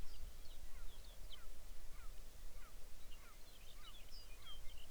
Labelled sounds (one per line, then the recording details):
songbird
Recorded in the Arctic National Wildlife Refuge, Alaska, on 23 May 2019 at 05:06
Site 49